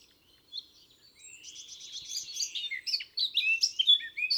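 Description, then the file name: Eurasian blackcap song: a soft, scratchy warble that grows louder into brighter, varied notes toward the end. "Sylvia atricapilla"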